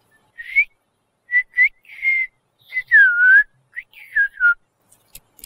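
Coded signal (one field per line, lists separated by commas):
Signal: whistled language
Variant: Turkish (kuş dili)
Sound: a clear whistle gliding up and down in about ten short syllable-like phrases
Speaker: Bize ıslık çalarak kaçıncı sınıfa gittiğini bir söyle bakalım. Ben tahmin edeyim. Üçüncü sınıfa gidiyorum. İkinci.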